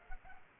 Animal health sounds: mosquito wingbeat signal from an infrared sensor; Culex pipiens

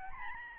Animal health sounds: mosquito wingbeat signal from an infrared sensor; Aedes albopictus

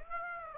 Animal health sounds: mosquito wingbeat signal from an infrared sensor; Aedes aegypti

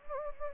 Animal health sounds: mosquito wingbeat signal from an infrared sensor; Anopheles gambiae

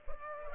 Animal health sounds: mosquito wingbeat signal from an infrared sensor; Culex pipiens

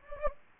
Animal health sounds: mosquito wingbeat signal from an infrared sensor; Anopheles gambiae

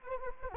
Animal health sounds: mosquito wingbeat signal from an infrared sensor; Anopheles arabiensis

